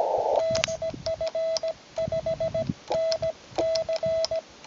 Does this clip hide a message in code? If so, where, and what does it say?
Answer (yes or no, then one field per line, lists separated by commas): yes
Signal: Morse code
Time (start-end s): 0.4-4.4 s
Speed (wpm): 17 wpm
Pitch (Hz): 650 Hz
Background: radio noise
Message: DF5NC